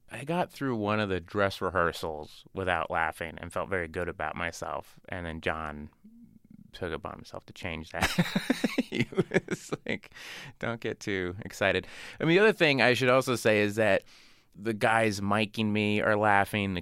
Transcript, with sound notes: I got through one of the dress rehearsals without laughing and felt very good about myself, and then John took it upon himself to change that.
(LAUGHTER)
He was like, don't get too excited. And the other thing I should also say is that the guys miking me are laughing,